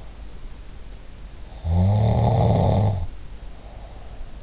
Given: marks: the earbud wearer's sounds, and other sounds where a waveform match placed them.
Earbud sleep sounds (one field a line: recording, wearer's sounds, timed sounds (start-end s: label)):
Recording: sounds in sleep by an in-ear microphone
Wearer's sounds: snoring breath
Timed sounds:
1.27-4.39 s: snoring breath